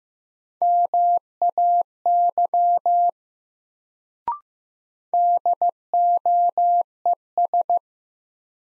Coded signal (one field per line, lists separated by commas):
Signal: Morse code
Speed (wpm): 15 wpm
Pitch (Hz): 700 Hz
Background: none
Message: MAY DOES